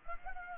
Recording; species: mosquito wingbeat signal from an infrared sensor; Culex pipiens